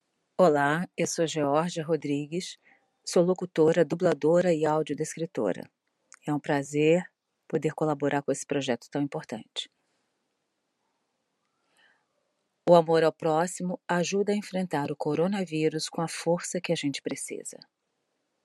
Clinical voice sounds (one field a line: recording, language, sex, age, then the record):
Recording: spoken sentence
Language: Brazilian Portuguese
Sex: female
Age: 50 to 59 years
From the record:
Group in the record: control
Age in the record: 54 years